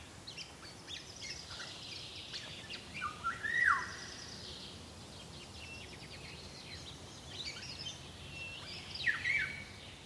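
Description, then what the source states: Eurasian golden oriole gives two liquid fluted phrases, rising then sliding down, several seconds apart, while other small birds twitter and chirp throughout. Last Finnish part of Ladoga Karelia, Simpele and Parikkala, Finland; the whistle song is locally rendered as 'Onko piijalla vilu?' ('Is the maid cold?').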